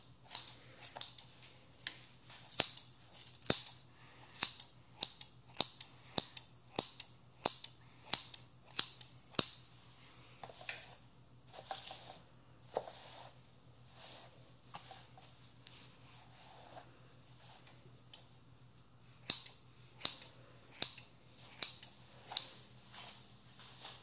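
Scissors snip through hair in quick, sharp bursts, clustered in runs of several cuts with short pauses between, busiest in the first ten seconds and again near the end. A low, steady hum runs underneath, and softer brushing rustles fill the quieter middle stretch.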